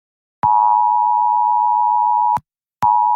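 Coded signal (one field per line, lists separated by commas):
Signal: Emergency Alert System (SAME) tones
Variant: 853 and 960 Hz attention tone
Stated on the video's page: Mock EAS alert exploring WEA and severe thunderstorm criteria, with an added WEA sound.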